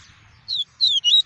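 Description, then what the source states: Double-collared seedeater giving three high, slurred whistles, the last two longer and wavering, clear against near silence. "tui-tui" song variety.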